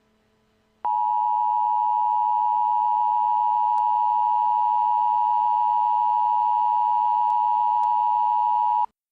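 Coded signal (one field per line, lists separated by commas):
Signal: Emergency Alert System (SAME) tones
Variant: 853 and 960 Hz attention tone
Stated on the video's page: Fictional EAS scenario, not a real alert.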